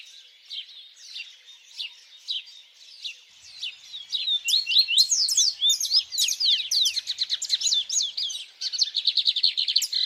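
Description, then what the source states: Birdsong of quick, high chirps and trills, sparse at first and then thickening into dense, overlapping twittering phrases near the end. Birds singing at dawn.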